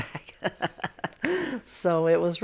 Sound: she laughs

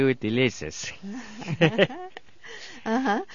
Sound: they laugh

